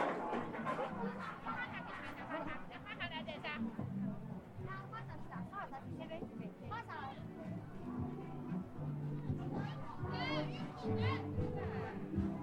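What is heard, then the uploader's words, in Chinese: At Hongyadong in Chongqing, a crowd of many voices talks at once in a steady, dense murmur. Brighter voices, some sounding like children, rise above the chatter every few seconds, with a low steady hum running underneath throughout. 重庆洪崖洞。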